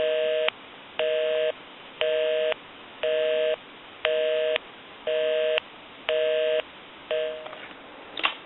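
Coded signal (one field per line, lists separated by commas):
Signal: telephone call progress tone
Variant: North America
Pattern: busy tone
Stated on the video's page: Call progress tone on a Mickey Mouse AT&T 210 telephone during initial checkout and repair.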